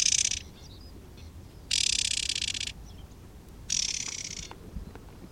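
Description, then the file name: White-eye scolding with three grating, ratchet-like buzzy bursts, the middle one longest, separated by quiet gaps. Alarm call. "suara alarm warbler kacamata"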